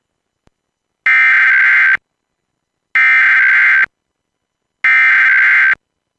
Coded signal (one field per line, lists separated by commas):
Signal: Emergency Alert System (SAME) tones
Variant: header bursts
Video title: !RARE! Alabama BLUE Alert (EAS 671)